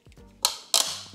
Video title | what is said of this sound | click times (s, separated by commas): Les Astuces d'Electricien mises en Pratique EP10 | J'arrête. J'ai pas clipsé le côté à droite. | 0.5 s